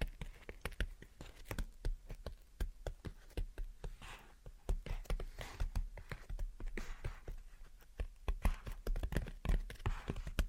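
Gentle tapping goes on throughout in quick, uneven clusters of crisp knocks, sometimes a few per second and sometimes in rapid bursts. Brief, airy scratching strokes slip in between, notably around four, seven and nine seconds, over a soft low rumble.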